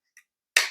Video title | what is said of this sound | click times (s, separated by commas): Cordless Rechargeable Vacuum GleeU GEV1 Unboxing and Real Review | and it just locks into place | 0.6 s